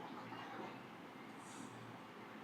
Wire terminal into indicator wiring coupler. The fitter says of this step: Side the lock అయింది ఇటు side అవ్వలేదు.